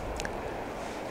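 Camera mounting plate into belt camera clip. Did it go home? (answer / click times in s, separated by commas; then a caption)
partly / 0.2 s. A camera's mounting plate is dropped into a metal PGY-Tech Beetle belt camera clip, making a sharp double click at 0.2 s and 0.25 s over a steady background hiss. The clicks sound locked, but the clip has not quite grabbed the plate and is not fully engaged.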